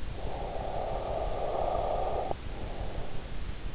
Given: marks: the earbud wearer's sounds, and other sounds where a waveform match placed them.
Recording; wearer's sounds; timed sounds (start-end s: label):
sounds in sleep by an in-ear microphone; breath
0.07-3.36 s: breath